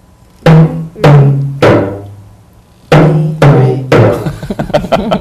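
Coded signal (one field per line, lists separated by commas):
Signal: talking drum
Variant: Yoruba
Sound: about six resonant low drum strokes with changing pitch, then a quick flurry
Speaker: and you can even twist it the other way around. That's talking. So, that's your form of comm. That's a form of communication.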